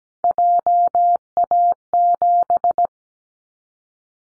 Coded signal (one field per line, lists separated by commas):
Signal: Morse code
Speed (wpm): 17 wpm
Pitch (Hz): 700 Hz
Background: none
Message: JA7